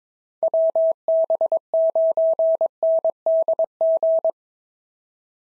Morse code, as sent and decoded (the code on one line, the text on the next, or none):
.-- -... ----. -. -.. --.
WB9NDG